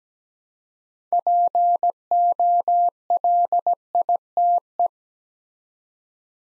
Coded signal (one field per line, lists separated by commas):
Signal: Morse code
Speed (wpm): 17 wpm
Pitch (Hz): 700 Hz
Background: none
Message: POLITE